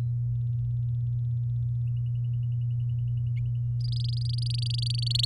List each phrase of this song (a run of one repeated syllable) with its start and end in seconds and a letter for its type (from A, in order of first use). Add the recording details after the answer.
3.81-5.25 A. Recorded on 10 May 2018 at 15:05. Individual llb16